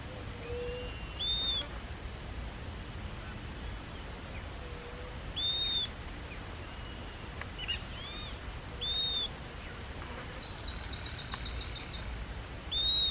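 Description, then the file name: Bird calls: arched high whistles repeated roughly every four seconds, softer low whistles between them, and a fast rattling trill near the end, over steady hiss. "SABIOD 50 bird 2015"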